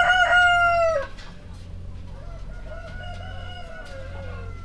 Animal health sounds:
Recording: poultry house recording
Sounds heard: healthy chickens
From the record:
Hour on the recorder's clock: 21

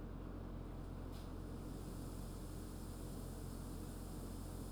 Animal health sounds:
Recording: poultry house recording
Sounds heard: no chicken sound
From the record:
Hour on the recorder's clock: 20

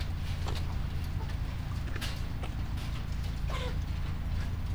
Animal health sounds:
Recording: poultry house recording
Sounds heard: sick chickens (respiratory disease)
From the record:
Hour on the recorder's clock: 21

